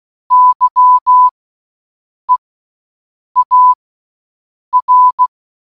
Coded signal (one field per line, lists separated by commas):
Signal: Morse code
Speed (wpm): 16 wpm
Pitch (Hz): 1000 Hz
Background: none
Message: YEAR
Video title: "Happy New Year" In Morse Code Audio